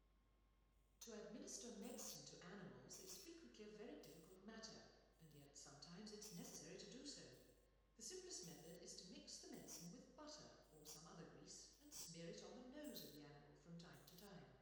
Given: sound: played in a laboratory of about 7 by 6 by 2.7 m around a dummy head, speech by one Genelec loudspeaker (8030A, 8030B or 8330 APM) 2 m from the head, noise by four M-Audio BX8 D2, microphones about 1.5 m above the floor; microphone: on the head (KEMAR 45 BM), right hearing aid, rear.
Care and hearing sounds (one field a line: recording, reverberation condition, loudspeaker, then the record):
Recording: female speech in English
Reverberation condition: high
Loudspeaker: 30 degrees to the right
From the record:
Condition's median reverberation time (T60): about 1300 ms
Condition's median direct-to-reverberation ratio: about -4.0 dB